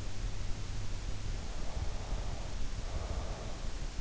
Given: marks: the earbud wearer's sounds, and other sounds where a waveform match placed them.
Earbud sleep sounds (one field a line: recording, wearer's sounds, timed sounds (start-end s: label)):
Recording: sounds in sleep by an in-ear microphone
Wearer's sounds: breath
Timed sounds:
1.70-3.72 s: breath